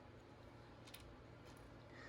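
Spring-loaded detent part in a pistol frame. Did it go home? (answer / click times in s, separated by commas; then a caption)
no / none. A small spring-loaded metal detent part that sits in the frame of a CZ Shadow 2 pistol and presses on a mating part is handled during disassembly over a steady low background hum, with faint high ticks and one brief sharp tick near 0.9 s. Nothing has seated or clicked into position yet.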